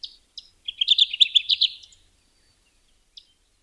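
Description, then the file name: Kirtland's Warbler gives one rapid, emphatic song of loud chips, with a few brief thin notes before and after it. "2001-07-18 Kirtlands Warbler"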